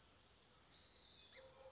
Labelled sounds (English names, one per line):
California Towhee